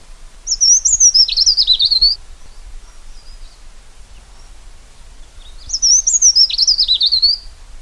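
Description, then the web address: Wren singing two fast, high trilled bursts of about one and a half seconds each, separated by several seconds of quiet, with faint low background rumble. "wren cheerful call"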